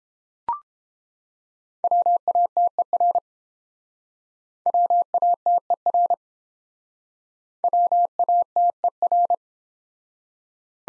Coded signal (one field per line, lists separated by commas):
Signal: Morse code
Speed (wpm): 30 wpm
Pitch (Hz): 700 Hz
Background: none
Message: WATER WATER WATER